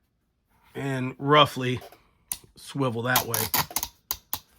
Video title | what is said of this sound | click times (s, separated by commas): Vehicle EDC - What are you carrying? #everydaycarry | And you can hear it. I mean, it's it's it clicks into place pretty good. | 4.1 s, 4.3 s